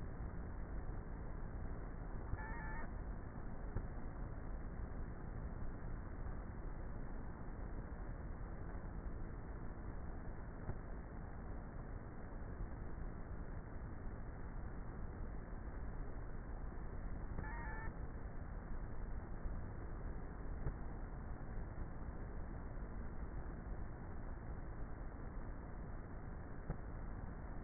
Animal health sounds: honeybee colony, microphone inside the hive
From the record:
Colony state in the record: queenless with a low population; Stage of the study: before two queens were removed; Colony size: about 30,000 bees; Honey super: no

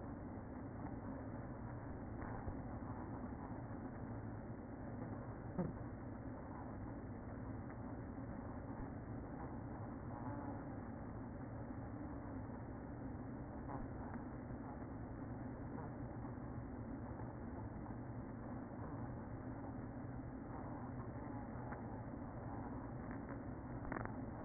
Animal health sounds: honeybee colony, microphone inside the hive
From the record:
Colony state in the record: queen present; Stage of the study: after two queens were removed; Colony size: about 60,000 bees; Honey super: yes

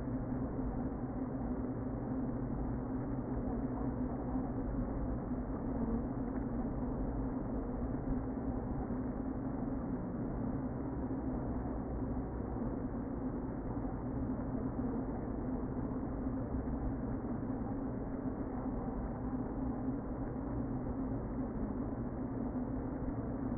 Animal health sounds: honeybee colony, microphone inside the hive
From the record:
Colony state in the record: queen present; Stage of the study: before two queens were removed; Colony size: about 60,000 bees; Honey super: yes

